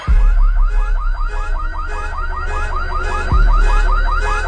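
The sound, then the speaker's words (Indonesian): A car alarm going off by itself at midnight blares continuously, its siren tone sweeping up and down in rapid repeating cycles, loud and steady with a low rumbling hum underneath and no voices. “Setiap tengah malam, alarm mobilku itu berbunyi sendiri.”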